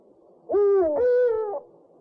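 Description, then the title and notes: Owl giving a two-part hoot: a falling harmonic note followed at once by a slightly higher, steady second note, over faint background hiss. One of 69 call variants drawn from 11 owl species. "Sovy - Eulen - Owls. 69 variant hlasů - 11 druhů sov"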